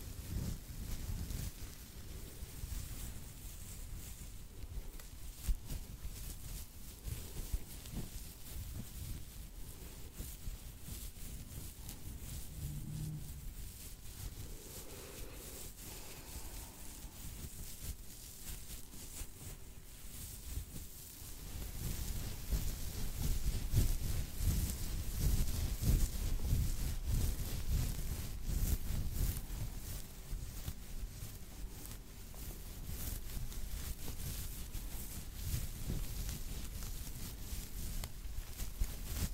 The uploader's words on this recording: ASMR Scalp Massage.